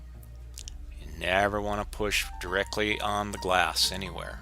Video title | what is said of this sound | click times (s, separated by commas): Laptop screen replacement (How to replace notebook LCD) [Acer Aspire 5742-6494] | push around on the edges till you hear it's clicking in | 0.6 s, 0.7 s